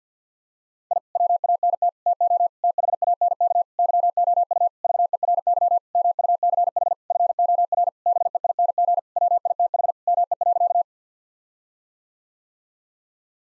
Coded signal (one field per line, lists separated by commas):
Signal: Morse code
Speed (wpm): 50 wpm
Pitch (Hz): 700 Hz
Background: none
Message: I WANT TO THANK YOU VERY MUCH FOR BEING WITH ME.